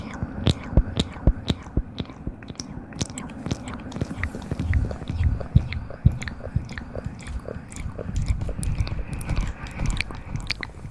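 Mouth sounds: wet clicks, smacks and chewing noises come in quick, irregular bursts throughout, some sharp and crisp, others soft and moist. A low murmuring rumble sits underneath, with faint breathy whispers drifting in and out, busiest around the middle.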